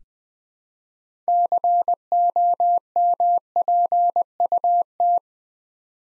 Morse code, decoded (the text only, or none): COMPUT